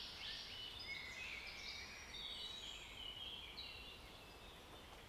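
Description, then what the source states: Several birds singing together, quick twittering and clear whistles early on, fading slightly toward the end over a low hum. Birds in a forest.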